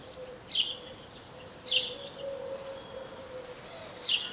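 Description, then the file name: House sparrow giving three loud, scratchy single chirps at uneven intervals, with a low continuous hum behind. "Passer domesticus"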